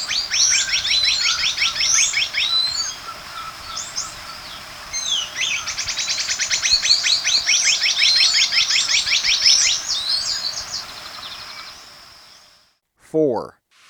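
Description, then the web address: Hooded mountain tanager song, a dense, jumbled chorus of rapid sharp notes lasting about twelve seconds. Ecuador. "Natures Songs S America Birds of Ecuador Hooded Mountain-Tanager"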